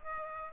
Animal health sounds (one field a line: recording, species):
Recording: mosquito wingbeat signal from an infrared sensor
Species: Aedes aegypti